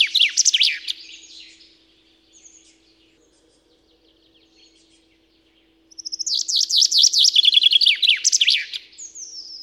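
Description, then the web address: Common chaffinch song: a short burst of rapid high notes, a quiet pause of several seconds, then a longer rattling phrase ending in a flourish. "Spev Vtakov pinka"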